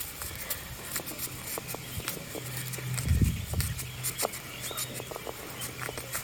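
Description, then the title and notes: Hedgehog sniffing: irregular crackly clicks and snuffles, some in quick bursts, over a steady low hum. Resident garden hedgehog sniffing things out, its sniffing sounding like a Geiger counter. "Our resident hedgehog 🦔. it sounds like a Geiger counter when it's sniffing things out"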